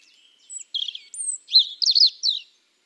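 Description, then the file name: European robin singing a quick, thin warbling phrase of high whistles and twittering notes, rising and falling, in an otherwise quiet setting. "Erithacus rubecula"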